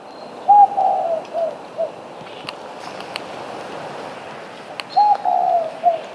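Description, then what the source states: Spotted Dove cooing, a low hollow phrase of three or four notes given twice, the second phrase about four seconds after the first. Recorded on Maui, Hawaii, in August 2026.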